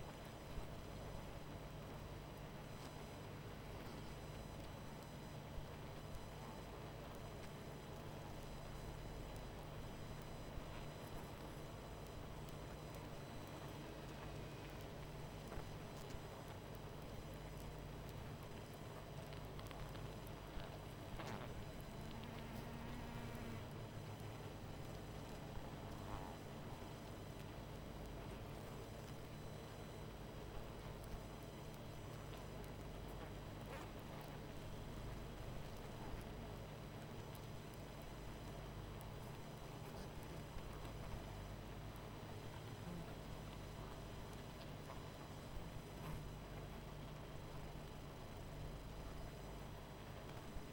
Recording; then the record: honeybee colony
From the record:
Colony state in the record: missing queen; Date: 14 July 2017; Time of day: 21:31